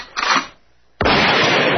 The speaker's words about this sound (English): Take me out with a gunshot to the head, Tom.